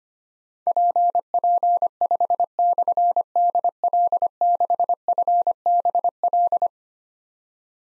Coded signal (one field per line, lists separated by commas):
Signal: Morse code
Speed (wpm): 25 wpm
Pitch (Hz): 700 Hz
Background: none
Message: PP5/DL6FBL